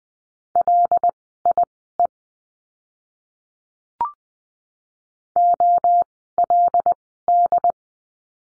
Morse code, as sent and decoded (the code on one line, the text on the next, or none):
.-.. .. . / --- .-.. -..
LIE OLD